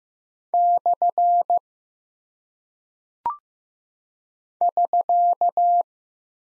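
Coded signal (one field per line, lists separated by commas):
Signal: Morse code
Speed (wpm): 15 wpm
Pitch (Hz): 700 Hz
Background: none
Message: / <SK>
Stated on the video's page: Morse code practice of punctuation and prosign characters at 15 wpm, each sent, spoken, then sent again for head-copy.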